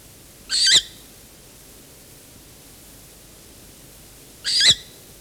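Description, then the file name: Short-eared owl giving two harsh, breathy hisses, each under half a second, about four seconds apart, over a steady faint background hiss. Short-eared owl on a nest with young. "Velduil op een nest met jongen - Sound Cloud - Beeld en Geluid"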